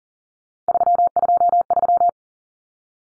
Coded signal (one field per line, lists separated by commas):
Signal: Morse code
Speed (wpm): 40 wpm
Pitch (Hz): 700 Hz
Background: none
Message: 323